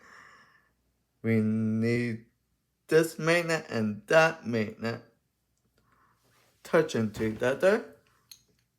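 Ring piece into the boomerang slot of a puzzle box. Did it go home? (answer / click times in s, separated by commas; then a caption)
yes / 8.3 s. Someone talks while sliding the left ring, which has a silver magnet plate, into its slot in the boomerang of a McFarlane Toys Riddler Batman-themed escape room puzzle box so the two magnets touch. A sharp, brief click sounds at 8.3 s as the magnetic ring seats into place.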